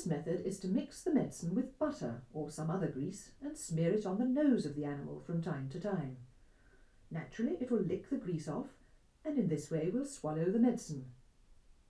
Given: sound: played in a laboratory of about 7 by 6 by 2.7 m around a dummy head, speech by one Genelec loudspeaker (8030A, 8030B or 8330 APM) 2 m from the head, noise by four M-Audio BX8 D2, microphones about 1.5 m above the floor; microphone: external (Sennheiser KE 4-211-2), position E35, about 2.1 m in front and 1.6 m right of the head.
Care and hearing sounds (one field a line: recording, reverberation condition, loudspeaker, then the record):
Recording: female speech in English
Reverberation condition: low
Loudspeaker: 90 degrees to the right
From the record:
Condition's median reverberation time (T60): about 310 ms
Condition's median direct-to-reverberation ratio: about 3.5 dB